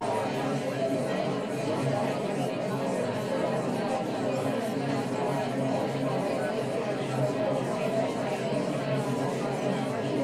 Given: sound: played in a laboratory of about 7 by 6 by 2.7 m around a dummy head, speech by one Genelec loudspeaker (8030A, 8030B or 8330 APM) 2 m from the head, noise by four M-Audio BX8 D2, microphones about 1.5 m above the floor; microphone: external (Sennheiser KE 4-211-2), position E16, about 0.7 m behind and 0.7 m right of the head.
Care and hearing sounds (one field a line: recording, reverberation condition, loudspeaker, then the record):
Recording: babble noise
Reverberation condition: low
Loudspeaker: four, about 170 cm from the corners of the room and facing them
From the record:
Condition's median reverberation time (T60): about 310 ms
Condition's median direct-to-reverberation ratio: about 3.5 dB